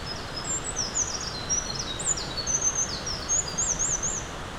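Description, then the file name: Eurasian wren song, a rapid, high-pitched run of sharp notes and quick warbling trills that carries on through the whole stretch over a steady background hiss. Recorded 20 April 2026. "260420 004 misosazai"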